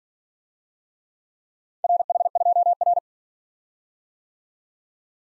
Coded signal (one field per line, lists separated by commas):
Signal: Morse code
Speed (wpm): 47 wpm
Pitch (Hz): 700 Hz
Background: none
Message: RH2R